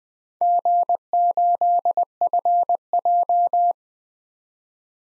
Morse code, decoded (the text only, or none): G8FJ